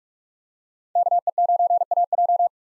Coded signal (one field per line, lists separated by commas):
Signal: Morse code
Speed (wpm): 46 wpm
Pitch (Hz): 700 Hz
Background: none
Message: KE9AJ